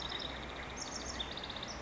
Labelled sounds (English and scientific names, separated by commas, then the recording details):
House Wren (Troglodytes aedon)
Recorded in Sonoma County, California